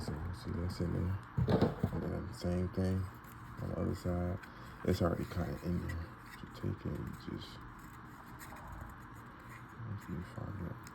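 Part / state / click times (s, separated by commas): small internal part pressed into firearm / seated / 10.9 s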